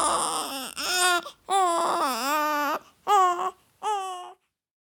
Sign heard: Newborn Baby cry.